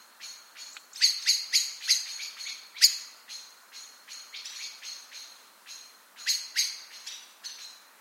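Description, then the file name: Eurasian blackbird giving a series of metallic chink calls, loud early on, softer in the middle and louder again later, with uneven spacing. "Turdus merula"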